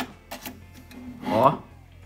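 A first fiber SFP transceiver module is handled at the SFP cage of a TP-Link ER7212PC router, with soft scraping and handling noises and a faint tap around 0.9 s while someone talks. The module has not seated or clicked into the port yet.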